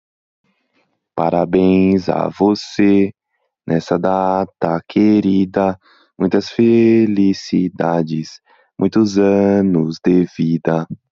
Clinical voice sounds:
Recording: short text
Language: Brazilian Portuguese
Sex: male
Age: 20 to 29 years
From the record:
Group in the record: control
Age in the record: 22 years

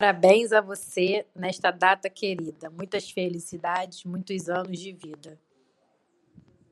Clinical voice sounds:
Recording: short text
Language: Brazilian Portuguese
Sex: female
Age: 30 to 39 years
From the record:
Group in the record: control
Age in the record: 35 years

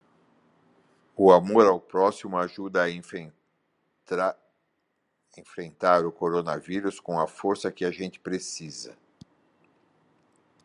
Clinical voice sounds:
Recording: spoken sentence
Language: Brazilian Portuguese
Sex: male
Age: 70 to 79 years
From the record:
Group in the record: control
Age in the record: 70 years

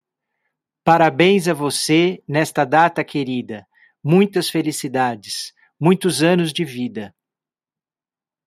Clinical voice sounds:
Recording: short text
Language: Brazilian Portuguese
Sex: male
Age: 50 to 59 years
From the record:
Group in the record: control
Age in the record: 58 years

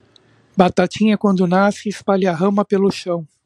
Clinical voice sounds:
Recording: short text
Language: Brazilian Portuguese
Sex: male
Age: 50 to 59 years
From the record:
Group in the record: control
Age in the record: 55 years

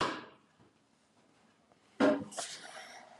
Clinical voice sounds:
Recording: spoken sentence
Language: Brazilian Portuguese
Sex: male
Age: 60 to 69 years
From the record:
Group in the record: control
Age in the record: 63 years

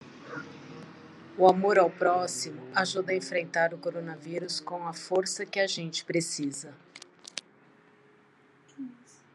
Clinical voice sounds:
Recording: spoken sentence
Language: Brazilian Portuguese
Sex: female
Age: 50 to 59 years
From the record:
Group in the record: control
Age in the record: 54 years

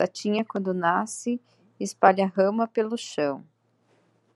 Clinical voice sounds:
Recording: short text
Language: Brazilian Portuguese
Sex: female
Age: 30 to 39 years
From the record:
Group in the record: control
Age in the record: 38 years

